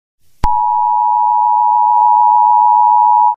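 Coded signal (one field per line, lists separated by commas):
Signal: Emergency Alert System (SAME) tones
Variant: 853 and 960 Hz attention tone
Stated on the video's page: Fictional animated comedy short, not a real alert.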